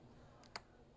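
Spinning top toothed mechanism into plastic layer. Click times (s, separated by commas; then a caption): 0.6 s. The toothed mechanism of a spinning-top toy is laid onto its plastic layer and given a quarter turn until it drops into its slot. A faint tick at 0.4 s is followed by a sharp, bright click at 0.6 s as the mechanism seats firmly and sits tight in place.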